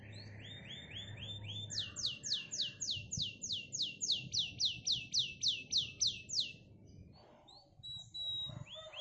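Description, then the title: Canary song: a few rising chirps, then a long fast trill of repeated downward-sweeping notes, followed by short whistles, over a low hum. Canary singing a rich, varied song style called cengkok mewah, lively and clear. "Cengkok Kenari Mewah. Kenari cengkok mewah GACOR JERNIH"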